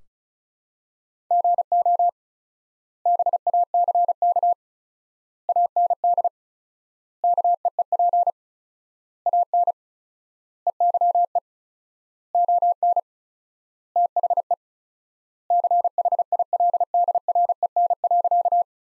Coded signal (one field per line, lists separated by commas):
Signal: Morse code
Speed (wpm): 34 wpm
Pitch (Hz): 700 Hz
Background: none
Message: GO BACK AND KEEP AN EYE ON THE CHILDREN.